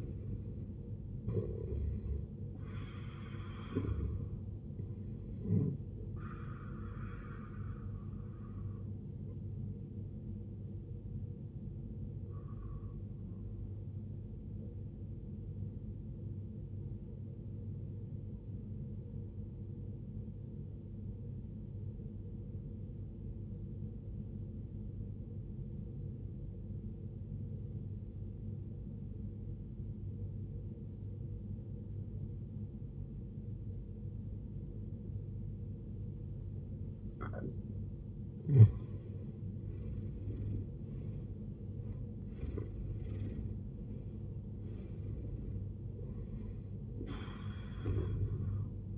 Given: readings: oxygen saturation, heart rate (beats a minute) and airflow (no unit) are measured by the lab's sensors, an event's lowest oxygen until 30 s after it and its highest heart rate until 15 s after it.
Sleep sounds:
breathing in sleep by a smartphone at the bedside; 1
12.00-39.00 s: obstructive apnea (N1, oxygen 94% highest, then 78% lowest, heart rate 55 at the start, 79 highest)
21.00-48.98 s: new sleep stage, N2 (light sleep)
From the record:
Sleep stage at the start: N1 (lightest sleep); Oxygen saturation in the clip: 77 to 94%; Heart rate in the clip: 54 to 79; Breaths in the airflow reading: 7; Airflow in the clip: -16.8 to 18.3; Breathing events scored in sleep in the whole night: 389 in 6.3 hours asleep

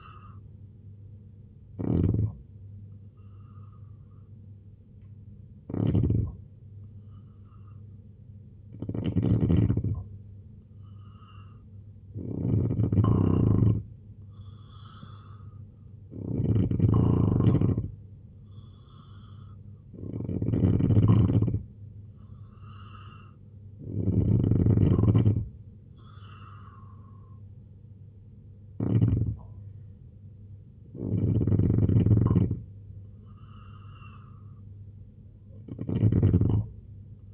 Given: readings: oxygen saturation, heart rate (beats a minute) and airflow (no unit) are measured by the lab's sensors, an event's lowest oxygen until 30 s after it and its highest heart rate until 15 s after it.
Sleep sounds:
breathing in sleep by a smartphone at the bedside; none
none scored
From the record:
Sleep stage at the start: N2 (light sleep); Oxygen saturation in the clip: 87 to 90%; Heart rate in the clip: 67 to 77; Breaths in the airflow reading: 10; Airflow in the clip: -3.6 to 5.0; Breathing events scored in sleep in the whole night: 258 in 7.4 hours asleep

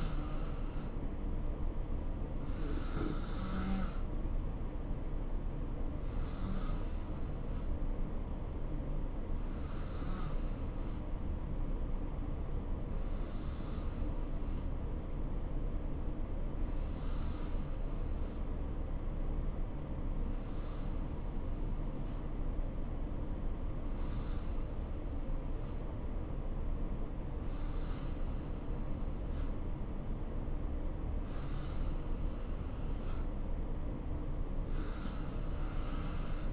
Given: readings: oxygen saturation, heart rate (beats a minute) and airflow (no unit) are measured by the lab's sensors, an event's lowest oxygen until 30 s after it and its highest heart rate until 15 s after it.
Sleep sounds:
breathing in sleep by a smartphone at the bedside; none
none scored
From the record:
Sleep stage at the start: N2 (light sleep); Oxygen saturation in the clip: 88 to 92%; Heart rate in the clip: 61 to 69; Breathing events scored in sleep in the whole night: 277 in 7.4 hours asleep

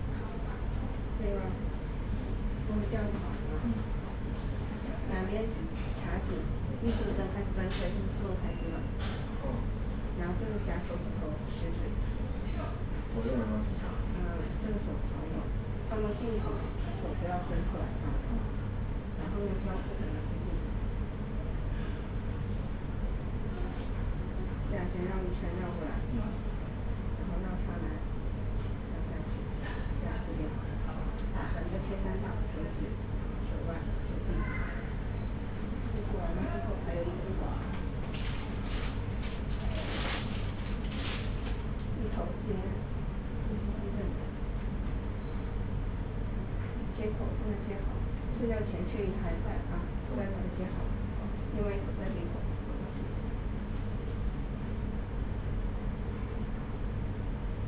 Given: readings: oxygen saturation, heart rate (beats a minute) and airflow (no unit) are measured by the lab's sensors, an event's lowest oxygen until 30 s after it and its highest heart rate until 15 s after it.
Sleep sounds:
a person awake in a sleep study, by a smartphone at the bedside; none
0.00-57.68 s: awake
0.00-57.68 s: awake
From the record:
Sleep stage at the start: awake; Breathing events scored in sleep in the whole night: 210 in 6.9 hours asleep

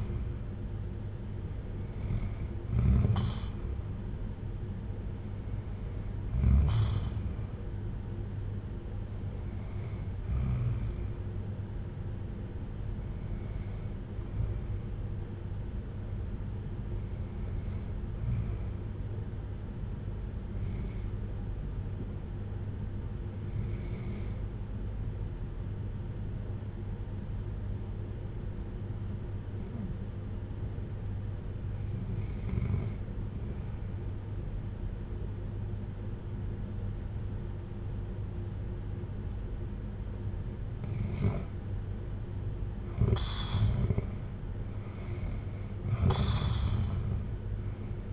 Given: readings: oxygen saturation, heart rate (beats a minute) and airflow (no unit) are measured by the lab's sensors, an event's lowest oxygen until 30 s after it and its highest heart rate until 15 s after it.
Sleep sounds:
breathing in sleep by a smartphone at the bedside; 1
13.00-48.13 s: new sleep stage, N1 (lightest sleep)
17.00-43.50 s: hypopnea (N1, oxygen 95% highest, then 89% lowest, heart rate 53 at the start, 63 highest)
From the record:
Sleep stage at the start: REM sleep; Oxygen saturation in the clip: 87 to 95%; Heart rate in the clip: 53 to 63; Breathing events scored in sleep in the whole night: 310 in 8.1 hours asleep

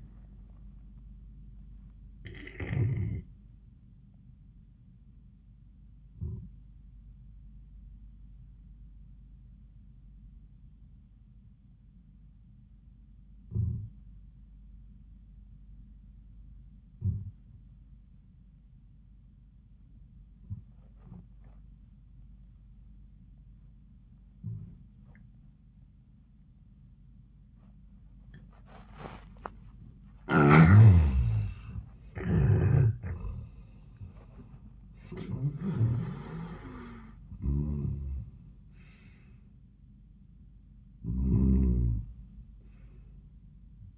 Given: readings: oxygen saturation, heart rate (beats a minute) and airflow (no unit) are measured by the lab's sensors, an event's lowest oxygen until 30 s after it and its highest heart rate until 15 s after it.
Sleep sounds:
breathing in sleep by a smartphone at the bedside; 1
4.00-30.60 s: hypopnea (N1, oxygen 95% highest, then 76% lowest)
From the record:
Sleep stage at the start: N1 (lightest sleep); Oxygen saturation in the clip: 81 to 95%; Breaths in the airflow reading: 4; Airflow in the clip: -27.4 to 30.0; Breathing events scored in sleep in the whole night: 400 in 8.7 hours asleep

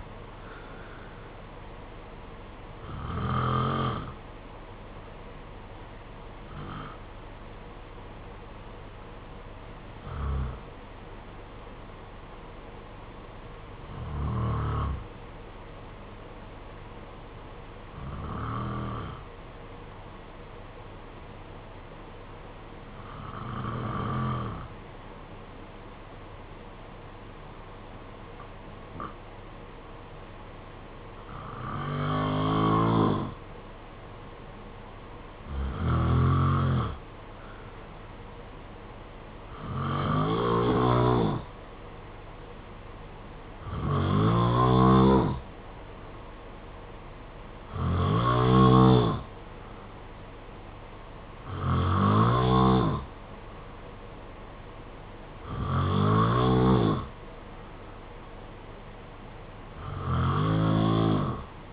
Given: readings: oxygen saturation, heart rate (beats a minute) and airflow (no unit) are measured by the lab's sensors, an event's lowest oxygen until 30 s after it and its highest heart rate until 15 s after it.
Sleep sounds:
breathing in sleep by a voice recorder at the bedside; 1
8.00-33.80 s: hypopnea (N2, oxygen 94% highest, then 89% lowest, heart rate 57 at the start, 61 highest)
From the record:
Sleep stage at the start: N2 (light sleep); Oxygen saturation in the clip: 88 to 94%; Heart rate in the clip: 53 to 65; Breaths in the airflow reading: 15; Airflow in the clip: -5.0 to 3.9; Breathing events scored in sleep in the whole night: 476 in 9.7 hours asleep

